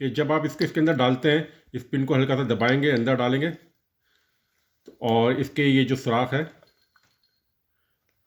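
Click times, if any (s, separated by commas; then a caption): 7.0 s. Someone talks while a steel pin-lock socket extension is pushed into a socket with its pin pressed down. At 7.0 s the pin springs into the hole with a short, sharp metallic click, followed by a fainter tick at 7.2 s. The extension is locked in the socket and can no longer come out.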